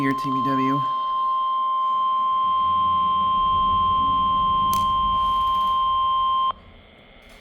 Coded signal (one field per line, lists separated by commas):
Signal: Emergency Alert System (SAME) tones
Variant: 1050 Hz attention tone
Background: speech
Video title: ENTER 2025... NWS Ruskin Weekly Test (1/1/25) (New EAS 784)